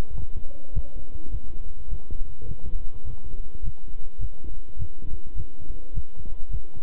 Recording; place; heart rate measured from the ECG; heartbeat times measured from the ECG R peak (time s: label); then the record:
heart sounds by stethoscope; between the tricuspid and mitral areas; 104 bpm
0.13 s: heartbeat
0.72 s: heartbeat
1.29 s: heartbeat
1.88 s: heartbeat
2.46 s: heartbeat
3.04 s: heartbeat
3.62 s: heartbeat
4.18 s: heartbeat
4.77 s: heartbeat
5.34 s: heartbeat
5.92 s: heartbeat
6.49 s: heartbeat
From the record:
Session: walking at 3.7 km/h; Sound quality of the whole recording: good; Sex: male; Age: 26 years